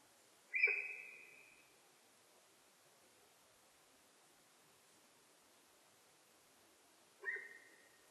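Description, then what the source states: Sika deer whistles: a loud piercing call that fades out, then quiet for several seconds before a second whistle. Recorded in Japan on 4 November 2006.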